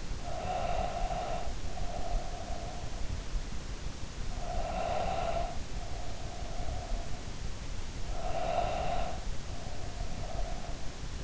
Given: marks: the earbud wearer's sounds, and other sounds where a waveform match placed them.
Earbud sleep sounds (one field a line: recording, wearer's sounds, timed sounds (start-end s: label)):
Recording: sounds in sleep by an in-ear microphone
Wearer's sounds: breath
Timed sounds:
0.00-2.98 s: breath
4.26-7.06 s: breath
7.96-11.24 s: breath